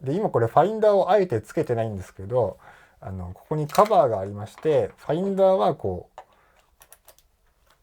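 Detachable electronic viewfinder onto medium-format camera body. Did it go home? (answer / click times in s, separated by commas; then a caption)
yes / 6.8 s, 6.9 s. Someone talks as a removable electronic viewfinder is fitted onto the hot-shoe mount of a FUJIFILM GFX100 II medium-format camera body, metal and plastic parts, after a cover is taken off. The viewfinder clicks into place at 6.8 and 6.9 s, followed by a few faint small clicks and handling sounds.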